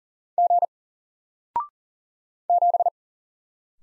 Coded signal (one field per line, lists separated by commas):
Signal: Morse code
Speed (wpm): 40 wpm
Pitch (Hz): 700 Hz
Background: none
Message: G 7